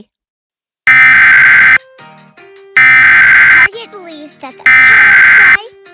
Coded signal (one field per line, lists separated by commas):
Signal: Emergency Alert System (SAME) tones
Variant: header bursts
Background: speech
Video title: (EAS MOCK) Average PBS Kids EAS Alert